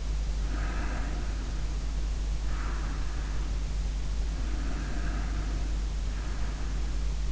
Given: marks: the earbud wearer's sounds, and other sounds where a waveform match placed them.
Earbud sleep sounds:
sounds in sleep by an in-ear microphone; breath
0.29-3.57 s: breath
4.22-7.32 s: breath

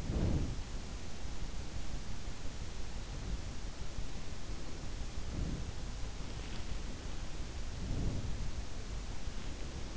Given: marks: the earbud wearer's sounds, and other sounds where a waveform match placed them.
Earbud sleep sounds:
sounds in sleep by an in-ear microphone; breath
0.00-0.62 s: breath
7.71-8.42 s: breath

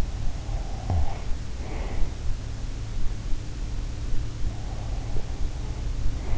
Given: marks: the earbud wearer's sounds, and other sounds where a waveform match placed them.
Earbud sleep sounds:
sounds in sleep by an in-ear microphone; breath
0.31-2.08 s: breath

